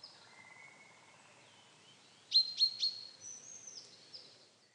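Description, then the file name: Common chaffinch calls: three sharp, bright notes in quick succession halfway through, then quieter thin tones. "Fringilla coelebs"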